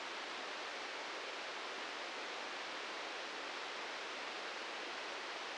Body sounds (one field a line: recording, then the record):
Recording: brain microelectrode recording played as sound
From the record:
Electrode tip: outside the subthalamic nucleus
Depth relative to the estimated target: 4 mm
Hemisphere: left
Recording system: NeuroSet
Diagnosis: Parkinson's disease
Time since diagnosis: 15 years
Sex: male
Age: 65 years